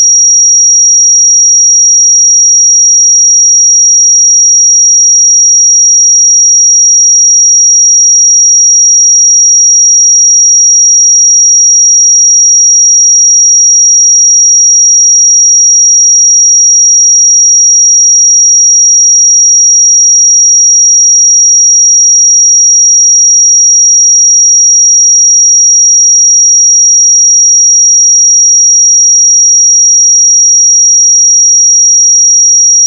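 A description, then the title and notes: A pure 5689 Hz sine tone holds perfectly steady and unchanging for the whole clip, thin and bright, with no other sounds. 5689 Hz 1 Hz Interval Sine Pure Tone Frequency 441000 Sample Mono.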